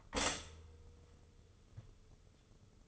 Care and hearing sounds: daily activity, microphone in the room; stop toaster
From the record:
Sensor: 4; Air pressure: 995.4 hPa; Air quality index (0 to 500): 216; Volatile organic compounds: 259 ppm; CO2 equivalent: 4384 ppm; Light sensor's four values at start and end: 30/91/35/38 and 29/87/33/36

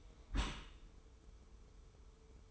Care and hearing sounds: daily activity, microphone in the room; close dishwasher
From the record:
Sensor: 1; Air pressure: 1015.0 hPa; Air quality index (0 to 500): 25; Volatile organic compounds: 0 ppm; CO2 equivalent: 504 ppm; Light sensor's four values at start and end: 13/30/12/13 and 13/30/12/13

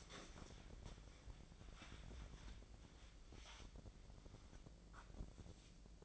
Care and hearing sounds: daily activity, microphone in the room; wipe stove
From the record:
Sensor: 5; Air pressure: 1012.4 hPa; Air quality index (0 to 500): 160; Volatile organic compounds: 2 ppm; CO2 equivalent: 1090 ppm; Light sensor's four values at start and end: 198/475/202/231 and 212/505/216/255

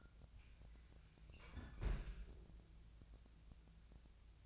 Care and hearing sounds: daily activity, microphone in the room; close fridge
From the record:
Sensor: 2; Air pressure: 999.9 hPa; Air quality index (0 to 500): 123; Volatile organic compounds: 2 ppm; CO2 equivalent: 1055 ppm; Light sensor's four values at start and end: 25/63/27/30 and 25/63/27/30

